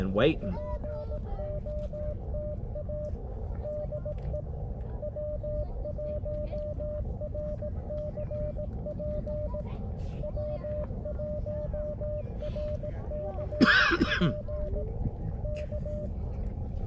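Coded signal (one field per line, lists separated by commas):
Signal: Morse code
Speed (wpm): 18 wpm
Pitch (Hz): 600 Hz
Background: speech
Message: EPOTA DE W1RCP W1RCP K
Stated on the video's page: CW calls during a combined SOTA/POTA activation on a summit, Elecraft KX2 with Elecraft key, MFJ-1898 telescoping antenna, 12 watts.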